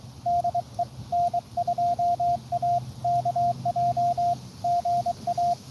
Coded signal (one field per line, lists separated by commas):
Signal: Morse code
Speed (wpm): 23 wpm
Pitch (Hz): 690 Hz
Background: radio noise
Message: DE N2AKJ GA